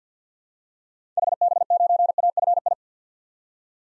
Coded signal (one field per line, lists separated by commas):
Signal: Morse code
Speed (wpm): 50 wpm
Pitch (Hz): 700 Hz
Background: none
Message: HB9AFI